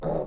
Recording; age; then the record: pig call; piglet (1 to 25 days)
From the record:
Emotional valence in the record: negative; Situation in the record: long isolation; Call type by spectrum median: low-frequency call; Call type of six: mixed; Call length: 0.27 s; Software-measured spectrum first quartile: 213 Hz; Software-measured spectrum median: 455 Hz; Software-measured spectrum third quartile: 608 Hz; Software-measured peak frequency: 580 Hz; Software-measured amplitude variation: 111 dB a second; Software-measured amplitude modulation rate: 24.5 a second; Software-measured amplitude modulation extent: 4.5 dB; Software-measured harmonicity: 0.5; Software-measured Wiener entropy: -0.52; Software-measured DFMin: 1817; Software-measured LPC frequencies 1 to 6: 564, 3695, 6071, 7240, 10221, 10837 Hz